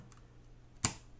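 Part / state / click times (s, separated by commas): memory module into motherboard DIMM slot / seated / 0.9 s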